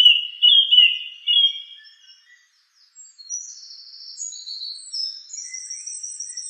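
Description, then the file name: Song thrush singing a few short phrases, then after a brief pause a series of high, thin notes. "suara kicauan burung song thrush. omkicau"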